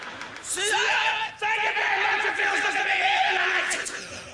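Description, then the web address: Bobcat yowling in long, wavering, harmonic cries, with a brief break early on, then continuing steadily to the end. "cave bobcat"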